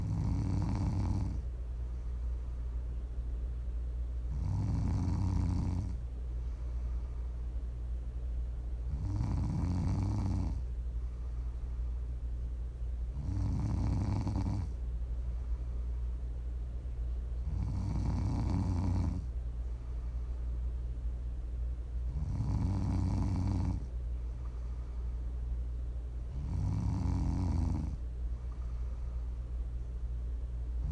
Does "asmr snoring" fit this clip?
yes